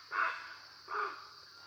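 Great Blue Heron calls: two rough, hoarse croaks in quick succession over a steady high-pitched hum.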